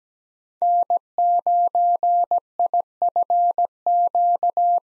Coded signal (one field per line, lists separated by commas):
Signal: Morse code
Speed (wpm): 17 wpm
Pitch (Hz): 700 Hz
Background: none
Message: N9IFQ